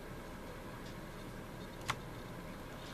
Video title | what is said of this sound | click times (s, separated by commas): Do It Yourself Herbal Supplements | did you hear it I hope you heard it it clicks just a little bit | 1.9 s